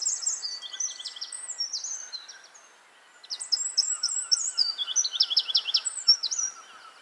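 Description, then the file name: Eurasian wren song in two loud bursts of high, quick notes and trills, separated by a short pause, with faint lower bird notes underneath. "Troglodytes troglodytes"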